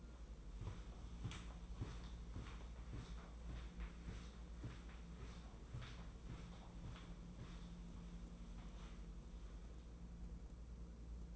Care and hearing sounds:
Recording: daily activity, microphone in the room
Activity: walk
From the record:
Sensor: 1

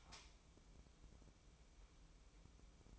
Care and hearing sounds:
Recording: daily activity, microphone in the room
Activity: light on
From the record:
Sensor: 1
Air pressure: 1008.0 hPa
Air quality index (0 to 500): 119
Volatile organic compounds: 2 ppm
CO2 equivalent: 1007 ppm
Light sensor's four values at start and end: 11/27/11/13 and 16/46/18/20

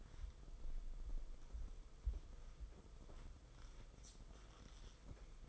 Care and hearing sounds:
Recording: daily activity, microphone in the room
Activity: wipe stove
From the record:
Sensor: 5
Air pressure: 990.6 hPa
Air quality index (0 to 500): 158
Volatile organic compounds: 225 ppm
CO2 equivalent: 4292 ppm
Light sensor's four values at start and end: 43/123/49/53 and 43/126/50/53

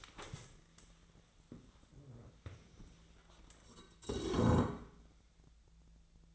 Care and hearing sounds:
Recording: daily activity, microphone in the room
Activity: stand up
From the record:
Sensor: 3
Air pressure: 1000.5 hPa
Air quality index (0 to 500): 169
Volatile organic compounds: 3 ppm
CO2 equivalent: 1470 ppm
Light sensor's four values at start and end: 15/35/15/16 and 15/34/15/15

